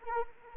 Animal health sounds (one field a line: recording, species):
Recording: mosquito wingbeat signal from an infrared sensor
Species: Anopheles arabiensis